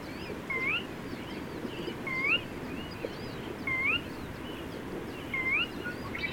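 Bird giving short upslurred whistles, four in a row spaced roughly 1.5 seconds apart, softer against a rushing background with faint thin calls above.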